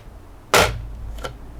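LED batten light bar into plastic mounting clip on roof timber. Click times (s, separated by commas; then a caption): 1.2 s. An LED batten light bar is pushed with a small amount of force into a plastic mounting bracket clip fixed to a roof timber in a loft. A loud broadband knock at about 0.5 s is followed by a short, sharp click at 1.2 s as the light bar seats in the clip.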